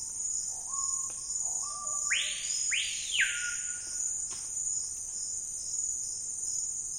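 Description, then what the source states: Screaming piha giving one full call: stepped low whistles building to two ringing notes that shoot upward and drop, with continuous high insect buzz behind. Wild birds in the Amazon Basin rainforest, area of dense canopy but sparse undergrowth, on a calm afternoon, calling amid an insect and frog chorus.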